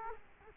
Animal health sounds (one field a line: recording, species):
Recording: mosquito wingbeat signal from an infrared sensor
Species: Culex quinquefasciatus